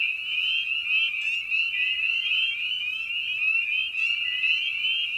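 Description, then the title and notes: Spring peeper chorus, a dense wall of high, shrill peeps overlapping continuously, with fainter lower notes beneath. Spring peepers recorded at a frog pond in the evening; presented in a modified format intended as a sleep aid. "Episode 5: Night of the Peepers. we return to the frog pond for a meditative evening. Species in Focus: Spring Peeper (Pseudacris crucifer). Written, recorded, and produced by Ian Carlsen"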